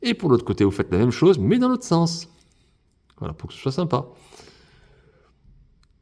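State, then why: Not seated. A second hard plastic flame piece is being handled onto the other side of a toy figure's lance, mirroring the first one, while someone talks. Brief faint ticks of handling are heard, but the piece has not seated or clicked yet.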